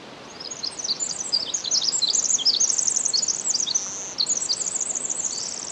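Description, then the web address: Pacific wren singing a long, rapid cascade of high, tinkling notes and buzzy trills, with a brief pause near the end before the jumble resumes. Recorded 10 July 2011 at 06:35. "ear jh-20110710-0635 pacific-wren"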